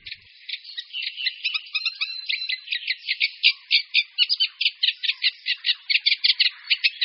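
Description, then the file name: Eurasian reed warbler song: a steady stream of harsh, chattering notes, each repeated two or three times in a jerky, rhythmic series, growing louder after the first second. "Rákosník-obecný"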